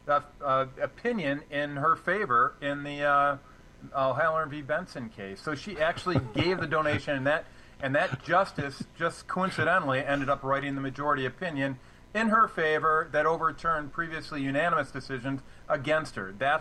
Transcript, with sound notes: opinion in her favor in the, uh, Heller v. Benson case. So she actually gave the donation-
(coughs)
... and that, and that justice, just coincidentally, ended up writing the majority opinion in her favor that overturned previously unanimous decisions against her.